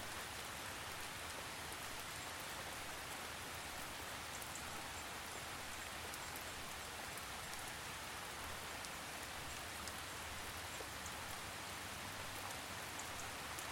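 Gentle rain falls steadily, a dense, even hiss that stays level from start to finish. Faint individual drops tick through the bright upper range at irregular moments, while a soft low rumble sits underneath throughout.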